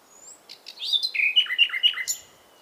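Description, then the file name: Common nightingale song: a thin whistle, then a quick run of rich, slurred notes that step downward, ending in a brief buzzy burst. "Luscinia megarhynchos"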